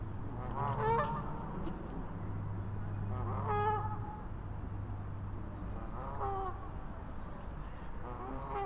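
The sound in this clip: Goose: geese giving harsh, nasal honks in scattered bursts, about four groups throughout, over a steady low rumble.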